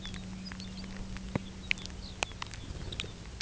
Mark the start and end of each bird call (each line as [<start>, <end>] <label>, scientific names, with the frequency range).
[0.01, 3.19] Calcarius lapponicus (1.7-5.4 kHz)